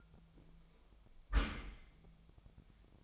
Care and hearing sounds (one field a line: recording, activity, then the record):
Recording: daily activity, microphone in the room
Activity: close dishwasher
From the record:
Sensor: 1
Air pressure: 1004.7 hPa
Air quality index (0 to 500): 120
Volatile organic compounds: 4 ppm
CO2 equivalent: 1667 ppm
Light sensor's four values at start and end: 9/21/8/9 and 9/21/8/9